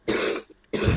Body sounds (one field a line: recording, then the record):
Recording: coughing mixed with background sound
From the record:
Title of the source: 60 coughing still (deep and wet cough)